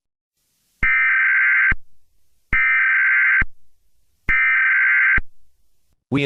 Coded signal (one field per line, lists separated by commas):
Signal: Emergency Alert System (SAME) tones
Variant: header bursts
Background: speech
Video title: EAS Scenario: XJ9 Invasion